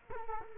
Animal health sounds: mosquito wingbeat signal from an infrared sensor; Culex quinquefasciatus

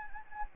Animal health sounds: mosquito wingbeat signal from an infrared sensor; Anopheles gambiae

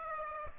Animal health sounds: mosquito wingbeat signal from an infrared sensor; Aedes aegypti

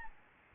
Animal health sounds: mosquito wingbeat signal from an infrared sensor; Aedes albopictus

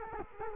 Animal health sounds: mosquito wingbeat signal from an infrared sensor; Culex quinquefasciatus

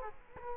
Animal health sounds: mosquito wingbeat signal from an infrared sensor; Culex quinquefasciatus

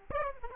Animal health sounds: mosquito wingbeat signal from an infrared sensor; Aedes aegypti

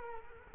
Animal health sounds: mosquito wingbeat signal from an infrared sensor; Culex quinquefasciatus

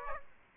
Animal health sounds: mosquito wingbeat signal from an infrared sensor; Aedes aegypti

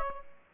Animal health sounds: mosquito wingbeat signal from an infrared sensor; Aedes aegypti

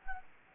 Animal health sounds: mosquito wingbeat signal from an infrared sensor; Anopheles gambiae

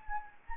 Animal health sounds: mosquito wingbeat signal from an infrared sensor; Anopheles gambiae

